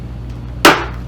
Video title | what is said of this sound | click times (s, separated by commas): Ruroc Atlas 3.0 Review (No Music) | Hear that snap? That's it, finally closed. | 0.7 s